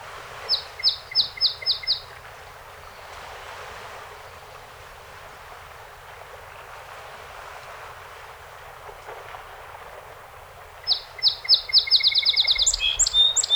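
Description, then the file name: Song sparrow songs, a short run of rapid repeated notes at the start and a longer accelerating trill near the end, with quiet background between. A set of 48 songs recorded on 7 June 2018. "2018-06-07 Song Sp 48 Songs"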